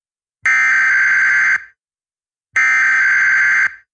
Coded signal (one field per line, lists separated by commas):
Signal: Emergency Alert System (SAME) tones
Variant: header bursts